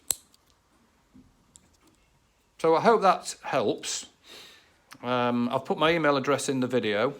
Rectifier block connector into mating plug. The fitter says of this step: so push it together hard till it clicks